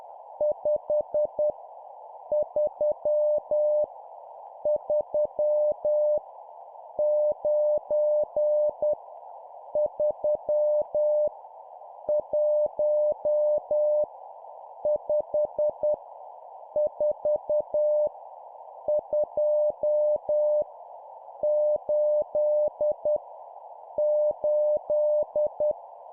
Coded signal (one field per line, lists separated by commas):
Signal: Morse code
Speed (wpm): 10 wpm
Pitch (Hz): 600 Hz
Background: none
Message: 5 3 3 9 3 1 5 4 2 8 8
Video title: 10wpm Random Numbers, morse code course